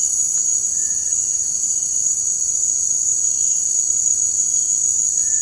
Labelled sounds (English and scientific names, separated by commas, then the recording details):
none
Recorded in dense forest near Puerto Asís, Putumayo, Colombia, on 24 March 2025 at 17:00
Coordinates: 0.485, -76.318
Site G056